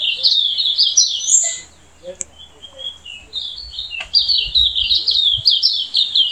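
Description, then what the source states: Silvereye giving rapid high warbling twitters in two bursts, thin chirps tumbling up and down, with a brief pause and a click midway. Subspecies vegetus.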